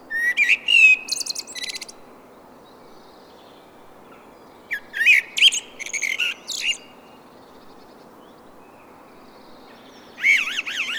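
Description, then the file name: Common blackbird song, repeated fluty phrases with squeaky high endings, separated by silences, the last phrase a wavering whistled trill. "Turdus merula"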